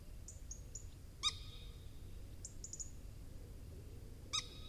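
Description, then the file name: European robin giving thin, very high, short whistled notes and two sharp ticking calls over a steady low rumble. "Erithacus rubecula"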